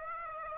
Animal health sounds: mosquito wingbeat signal from an infrared sensor; Aedes aegypti

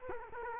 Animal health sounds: mosquito wingbeat signal from an infrared sensor; Culex quinquefasciatus

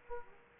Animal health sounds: mosquito wingbeat signal from an infrared sensor; Aedes aegypti

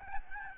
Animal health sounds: mosquito wingbeat signal from an infrared sensor; Aedes albopictus

